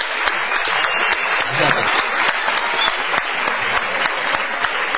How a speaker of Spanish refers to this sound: Vamos a decir que está aquí en la sala, está Santiago Segura, por allí. Creo. Vamos a aplaudir a Santiago Segura. Bienvenido, muchas gracias.